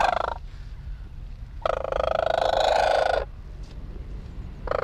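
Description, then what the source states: Sarus crane giving three loud, harsh trumpeting calls, one lasting over a second and two brief. Female Sarus crane, captive at Dublin Zoo, Phoenix Park, Dublin, Ireland, calling while held and her leg examined for lameness; documentary first broadcast 1981.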